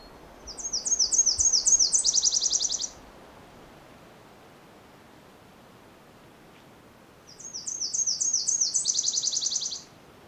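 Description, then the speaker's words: Nashville Warbler song, two bouts each about two and a half seconds long, a series of high two-note notes followed by a faster trill, separated by a pause. Bird singing very enthusiastically, heard while leaving a section of a national park on the Bruce Peninsula. "So I'm just on my way out of this section of the Bruce Peninsula National Park. And we got another Nashville warbler."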